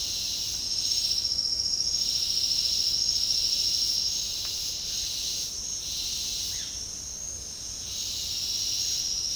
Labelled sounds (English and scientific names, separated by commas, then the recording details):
none
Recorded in secondary vegetation near Puerto Asís, Putumayo, Colombia, on 4 March 2025 at 09:00
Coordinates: 0.484, -76.319
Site G010